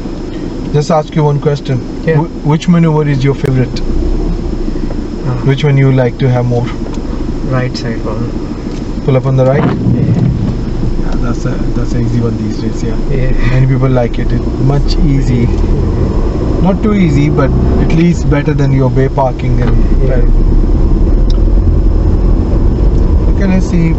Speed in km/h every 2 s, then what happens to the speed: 0, 0, 0, 2, 0, 2, 6, 13, 16, 16, 21, 23.
0-10 standing. 10-24 pulls away to 23.